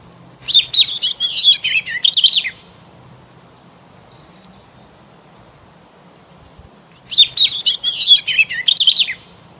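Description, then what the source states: Bird song, a two-second burst of quick high chirps and warbled notes, repeated after a pause of over four seconds. Bird song on an early spring morning.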